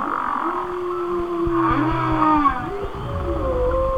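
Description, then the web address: Whale moans, long and gently falling, accompanied by lower pulsed grunts and faint higher whistles, ending in a deep rumble. "Natures Songs Whale Songs Whale Songs- Mike Mc Donald"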